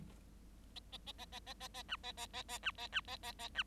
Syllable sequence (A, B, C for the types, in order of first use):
A A A A A A A A B A A A A B A B A A A B